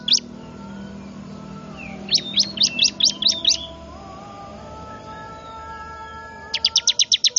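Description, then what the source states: Bar-winged prinia giving two quick bursts of sharp, high chirps a few seconds apart, after a single chirp at the start. Noisy lure call, described as highly effective, used to attract wild birds.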